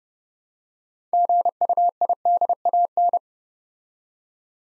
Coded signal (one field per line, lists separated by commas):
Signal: Morse code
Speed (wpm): 30 wpm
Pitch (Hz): 700 Hz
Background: none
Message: GUIDAN